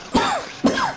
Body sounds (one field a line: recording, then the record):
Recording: coughing mixed with background sound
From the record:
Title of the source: Spring Allergy Coughing